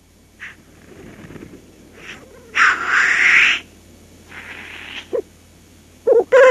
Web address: black grouse